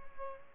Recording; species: mosquito wingbeat signal from an infrared sensor; Aedes albopictus